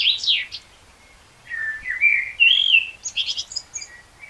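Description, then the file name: Common blackbird song opening with a few sharp high notes, then a pause, then mellow fluted warbling that climbs into a thin, tinkling twitter. "Turdus merula"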